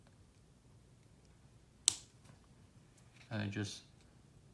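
A small metal-shielded 3x8x4 ball bearing is being handled and pressed toward the plastic idler gear of an XRAY XB2C 22' Edition RC car transmission. Someone talks briefly, and a single sharp tap sounds at 1.9 s over quiet background noise. The bearing has not seated or clicked into the gear yet.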